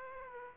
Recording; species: mosquito wingbeat signal from an infrared sensor; Aedes aegypti